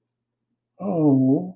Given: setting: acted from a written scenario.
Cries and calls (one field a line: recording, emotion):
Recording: vocal sound without words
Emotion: sympathy